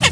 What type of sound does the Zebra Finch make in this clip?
kackle call